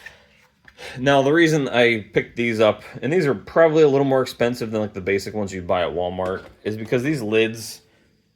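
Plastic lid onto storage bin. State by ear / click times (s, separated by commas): not seated / none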